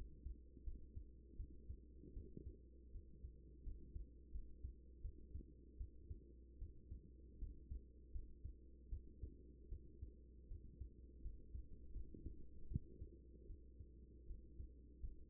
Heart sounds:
heart sounds by stethoscope; 79 bpm
0.64 s: heartbeat
1.36 s: heartbeat
2.13 s: heartbeat
2.91 s: heartbeat
3.63 s: heartbeat
4.31 s: heartbeat
5.01 s: heartbeat
5.77 s: heartbeat
6.58 s: heartbeat
7.39 s: heartbeat
8.12 s: heartbeat
8.89 s: heartbeat
9.69 s: heartbeat
10.48 s: heartbeat
11.22 s: heartbeat
11.93 s: heartbeat
12.68 s: heartbeat
13.46 s: heartbeat
14.27 s: heartbeat
15.00 s: heartbeat
From the record:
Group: healthy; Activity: rest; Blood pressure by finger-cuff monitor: 118/64 mmHg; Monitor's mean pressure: 83 mmHg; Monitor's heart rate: 79 bpm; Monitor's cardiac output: 7.1 L/min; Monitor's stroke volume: 89 mL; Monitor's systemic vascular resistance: 860 dyn s/cm5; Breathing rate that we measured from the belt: 16 breaths a minute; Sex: female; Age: 24 years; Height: 163 cm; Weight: 55.7 kg

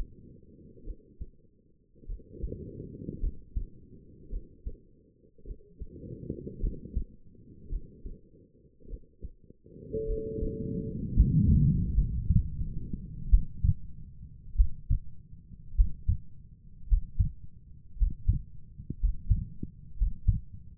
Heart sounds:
heart sounds by stethoscope; 53 bpm
0.85 s: heartbeat
2.07 s: heartbeat
3.21 s: heartbeat
4.30 s: heartbeat
5.45 s: heartbeat
6.61 s: heartbeat
7.70 s: heartbeat
8.88 s: heartbeat
10.06 s: heartbeat
11.14 s: heartbeat
11.95 s: heartbeat
13.29 s: heartbeat
14.56 s: heartbeat
15.75 s: heartbeat
16.88 s: heartbeat
17.97 s: heartbeat
18.99 s: heartbeat
19.97 s: heartbeat
From the record:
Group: healthy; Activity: rest 0-10 s, breath hold 10-21 s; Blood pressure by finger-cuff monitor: 101/62 mmHg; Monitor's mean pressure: 73 mmHg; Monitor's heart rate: 53 bpm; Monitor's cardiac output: 4.7 L/min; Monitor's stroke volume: 92 mL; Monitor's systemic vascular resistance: 1130 dyn s/cm5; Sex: female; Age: 28 years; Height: 170 cm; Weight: 77 kg

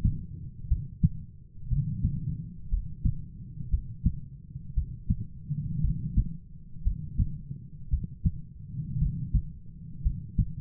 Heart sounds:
heart sounds by stethoscope; 58 bpm
0.68 s: heartbeat
1.69 s: heartbeat
2.69 s: heartbeat
3.70 s: heartbeat
4.74 s: heartbeat
5.81 s: heartbeat
6.83 s: heartbeat
7.90 s: heartbeat
8.98 s: heartbeat
10.02 s: heartbeat
From the record:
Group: heart failure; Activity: rest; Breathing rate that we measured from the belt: 18 breaths a minute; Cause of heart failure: dilated cardiomyopathy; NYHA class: 3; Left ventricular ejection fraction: 27%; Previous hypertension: present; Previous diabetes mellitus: present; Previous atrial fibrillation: present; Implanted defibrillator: present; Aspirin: present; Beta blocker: bisoprolol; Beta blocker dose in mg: 1.25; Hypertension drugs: sacubitril-valsartan, spironolactone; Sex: female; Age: 39 years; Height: 170 cm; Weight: 64 kg

